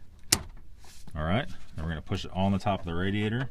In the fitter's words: first of all I think we'll go and push a coolant bottle on you're going to listen you're going to hear it click